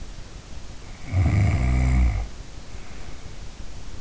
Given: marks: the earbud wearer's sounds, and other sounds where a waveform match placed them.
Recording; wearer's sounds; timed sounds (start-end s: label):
sounds in sleep by an in-ear microphone; snoring breath
0.95-3.30 s: snoring breath